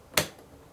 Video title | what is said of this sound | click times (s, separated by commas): How to Replace the Cricut Pen Holder | I can push it in I'll hear it click and | 0.2 s